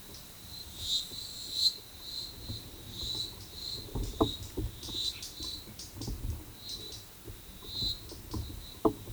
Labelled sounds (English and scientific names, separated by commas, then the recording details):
none
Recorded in forest near Pivijay, Magdalena, Colombia, on 13 April 2023 at 12:30
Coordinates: 10.467, -74.380
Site Z5-G034